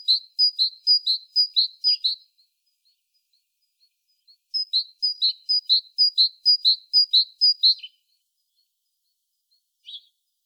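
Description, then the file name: Great tit song: bright two-note phrases, high then lower, repeated steadily in two bursts separated by a pause, then one faint note. "Parus major"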